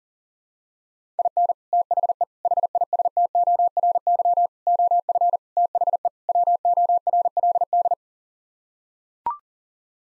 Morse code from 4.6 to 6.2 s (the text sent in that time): OF THE